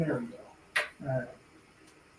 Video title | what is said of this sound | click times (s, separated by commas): "Crossdeck" Episode 58 - Catch Up/Centipede & Dig Dug Riser Enhancements | Snaps into place. | 0.8 s